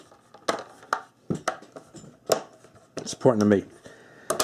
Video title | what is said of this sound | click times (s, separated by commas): LifeProof NUUD Ipad Waterproof Case Fail !!!!! IT WAS A FAKE !!!!!!!!!!! | Start snapping it around. You'll hear it pop into place. | 0.5 s, 0.9 s, 1.5 s